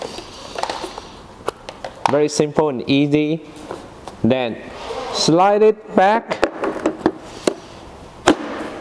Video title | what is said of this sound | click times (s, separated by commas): Unboxing JBH FBC01 Carbon Fiber Folding Mobility Scooter- JBH Wheelchair | push it down when you hear the sound click that's all set all | 8.3 s